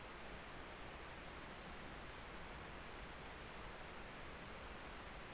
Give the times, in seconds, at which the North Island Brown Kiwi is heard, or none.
none